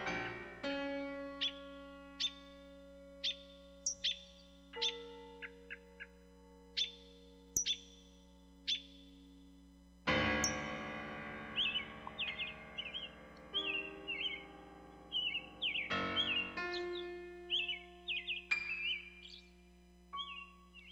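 A common blackbird sings rich, fluting whistled phrases, separated by short pauses at first, then turning busier and more tangled, with other chirping birds and a steady low hum underneath.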